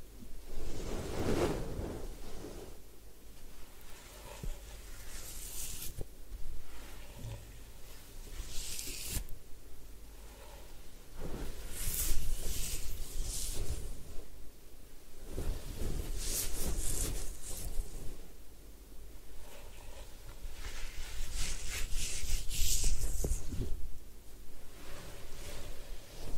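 A head spa hair wash and scalp massage: uneven rubbing, rustling and scratchy friction run throughout with soft low thumps. Bright, hissing, water-like bursts rise around 6, 12, 16 and 21–23 seconds, while a dull low rumble stays underneath.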